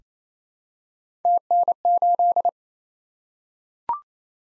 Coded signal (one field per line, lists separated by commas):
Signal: Morse code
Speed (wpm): 27 wpm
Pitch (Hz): 700 Hz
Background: none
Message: TN8